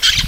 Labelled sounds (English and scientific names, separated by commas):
Brown-throated Parakeet (Eupsittula pertinax) contact call